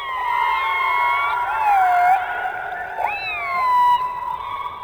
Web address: subacuatica Audio archivos Orcas